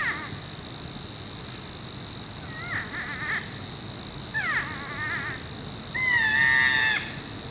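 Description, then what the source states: Porcupine whining squeals, a few short wavering whines, then a longer drawn-out level whine near the end, with a constant high buzzing hum behind. Two porcupines, night-active and solitary, usually silent; whining squeals given as one porcupine rebuffs the advances of another.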